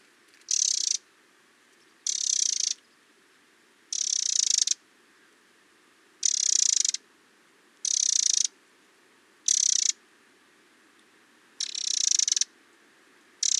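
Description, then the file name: Eurasian wren uttering a long series of harsh ticking rattles, the bursts evenly spaced and varying slightly in length. "Troglodytes troglodytes"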